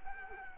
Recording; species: mosquito wingbeat signal from an infrared sensor; Culex quinquefasciatus